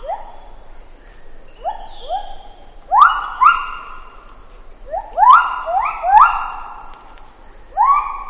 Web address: lar gibbon